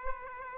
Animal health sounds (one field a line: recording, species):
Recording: mosquito wingbeat signal from an infrared sensor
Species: Aedes aegypti